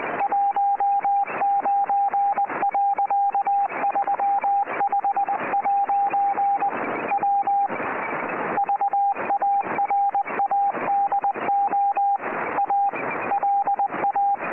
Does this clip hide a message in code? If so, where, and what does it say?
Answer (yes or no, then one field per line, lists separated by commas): yes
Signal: Morse code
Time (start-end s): 0.2-14.4 s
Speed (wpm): 19 wpm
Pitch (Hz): 800 Hz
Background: radio noise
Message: 19.35' W VARADO A LA